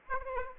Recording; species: mosquito wingbeat signal from an infrared sensor; Aedes aegypti